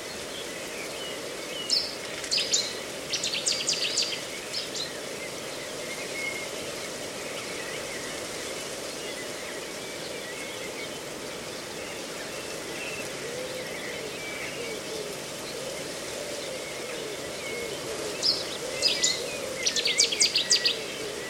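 A reedbed soundscape with a steady, dense rustling hiss throughout, like wind moving through reeds or light rain. Bright, chattering bird calls break in around 2–4 seconds and again near 18–21 seconds, over the constant wash.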